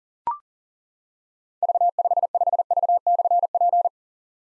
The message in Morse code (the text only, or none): V55V/P